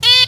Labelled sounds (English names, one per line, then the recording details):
Zebra Finch distance call
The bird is a female
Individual fem1